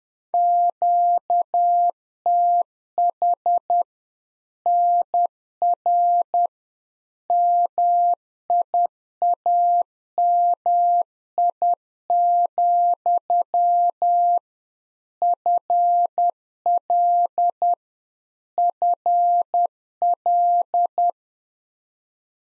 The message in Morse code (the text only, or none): QTH NR MIAMI, FL FL